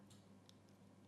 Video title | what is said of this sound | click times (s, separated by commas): Use any old CD motor with this adjustable Lima ringfield adaptor! | just pop that over the center until it kind of clicks into place and you can't move it, and then that's that retainer bar in place. | 0.5 s